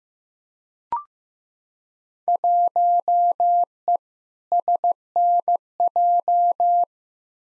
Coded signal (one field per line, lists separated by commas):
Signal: Morse code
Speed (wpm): 15 wpm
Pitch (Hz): 700 Hz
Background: none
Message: 1E SNJ